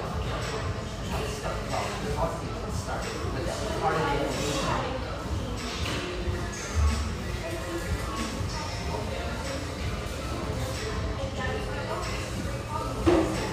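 Inside a busy, high-ceilinged coffee shop, overlapping voices talk steadily throughout, with the room's echo blending them into a warm, constant murmur. Scattered clinks and shuffling sounds come and go, and a sharper knock lands near the end.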